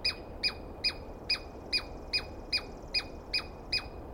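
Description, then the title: Douglas squirrel's shrill, scratchy calls repeating about two and a half times a second in a fairly even rhythm, each note sliding downward, with faint hiss behind. Dawn recording, early morning, 21 April 2017, East Cascades; single squirrel calling at length and screaming; recordist not fully certain of identification, judged by sound. "Interview With The Chipmunk"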